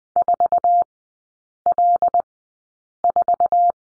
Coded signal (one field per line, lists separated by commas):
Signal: Morse code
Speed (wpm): 20 wpm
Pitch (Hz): 700 Hz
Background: none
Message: 4L4